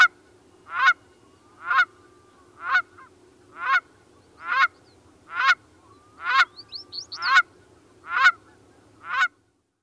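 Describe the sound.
Canada goose honks, a loud nasal honk about every second in a fairly regular series, with a steady low hum underneath and a few faint higher notes near the end.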